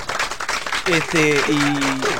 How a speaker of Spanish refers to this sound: Un aplauso para la crítica de cine, por favor. Talento con la operación. Ahí está. Va ese aplauso.